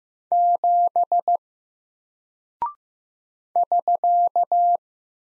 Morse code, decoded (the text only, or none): 7 <SK>